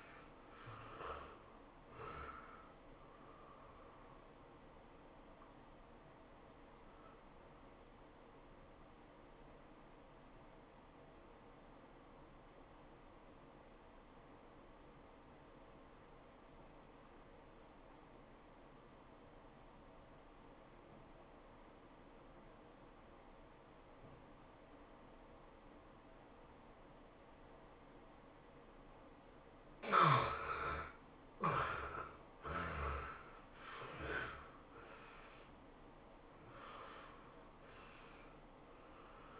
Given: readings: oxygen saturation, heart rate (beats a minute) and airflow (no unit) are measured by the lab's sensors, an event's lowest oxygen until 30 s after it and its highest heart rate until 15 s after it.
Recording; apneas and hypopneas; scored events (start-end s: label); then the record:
breathing in sleep by a voice recorder at the bedside; 1
9.00-31.50 s: obstructive apnea (N1, oxygen 96% highest, then 72% lowest, heart rate 98 at the start, 111 highest)
16.00-39.40 s: new sleep stage, N2 (light sleep)
From the record:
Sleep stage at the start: N1 (lightest sleep); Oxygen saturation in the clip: 74 to 96%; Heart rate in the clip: 88 to 112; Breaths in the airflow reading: 7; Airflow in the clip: -16.8 to 16.8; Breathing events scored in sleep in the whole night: 403 in 5.5 hours asleep